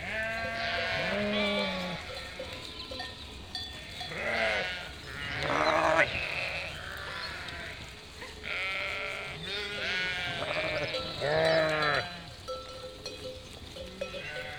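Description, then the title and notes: Sheep bleating in overlapping bursts from several animals, with a few quieter gaps between. Spring flock of 467 sheep and lambs grazing on grass and wild garlic, moving, dogs running under shepherd's orders; Chindrieux, France; binaural recording, Fostex FR2 LE, recordist moving by bicycle. "847 Rue de Vars, 73310 Chindrieux, France - Troupeau de moutons. En ce jour de printemps, au beau milieu d'un troupeau de 467 moutons et agneaux fraîchement comptés par le berger. Bêlements en chorale très spacialisée et en mouvement"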